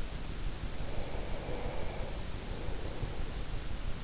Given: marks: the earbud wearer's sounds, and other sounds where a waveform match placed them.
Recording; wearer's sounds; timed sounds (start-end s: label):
sounds in sleep by an in-ear microphone; breath
0.47-3.70 s: breath